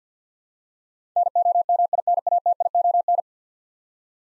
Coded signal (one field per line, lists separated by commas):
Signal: Morse code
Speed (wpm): 50 wpm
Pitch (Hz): 700 Hz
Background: none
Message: NOMINATION